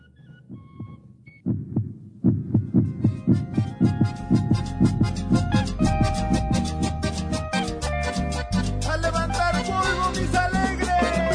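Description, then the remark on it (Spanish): A steady heartbeat thump pulses low and even, then swells into an upbeat musical rhythm that keeps the same driving pulse, with bright melodic layers building over it. “Latido Americano, latiendo al ritmo de América Latina.”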